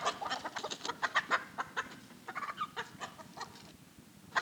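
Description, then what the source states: Chickens giving quick, nervous clucks in irregular bursts, several hens overlapping, quieter toward the end before a final sharp cluck. Agitated chickens inside a hen house.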